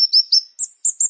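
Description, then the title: Prinia giving thin, very high notes: a few rising slurs followed by short, even piping notes. "Ciblek Sawah"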